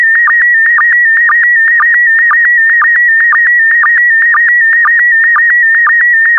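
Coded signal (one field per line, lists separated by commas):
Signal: SSTV (slow-scan television)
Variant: PD120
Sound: warbling tone around 2 kHz with regular short low chirps, steady rhythm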